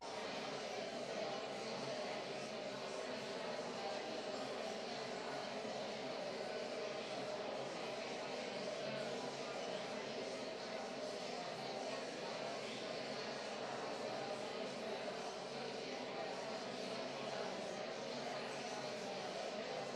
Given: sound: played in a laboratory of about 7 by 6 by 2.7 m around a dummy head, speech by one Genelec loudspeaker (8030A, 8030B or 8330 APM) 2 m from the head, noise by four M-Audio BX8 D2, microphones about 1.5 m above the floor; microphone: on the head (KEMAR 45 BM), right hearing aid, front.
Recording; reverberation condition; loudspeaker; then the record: babble noise; high; four, about 170 cm from the corners of the room and facing them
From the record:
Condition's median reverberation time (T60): about 1300 ms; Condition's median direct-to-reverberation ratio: about -4.0 dB